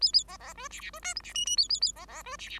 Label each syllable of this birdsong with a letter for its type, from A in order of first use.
A A B B C D D C E F D G G A A A B B C D D